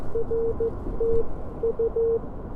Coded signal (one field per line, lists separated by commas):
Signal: Morse code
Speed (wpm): 18 wpm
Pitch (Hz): 500 Hz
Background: none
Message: RT U